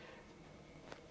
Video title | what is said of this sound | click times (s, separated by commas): Doctor Saheb : Dr. Amitabh Banka से जानें, Asthama के Patients कैसे लें इनहेलर, जान लेना जरूरी... | जैसे यह आया इसमें आपको ग्रुप्स बने हुए हैं जिसमें आप इसको घुसाए और इसको घुमाएंगे तो यह लॉक हो जाता है | 0.9 s